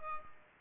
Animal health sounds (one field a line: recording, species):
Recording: mosquito wingbeat signal from an infrared sensor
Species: Culex pipiens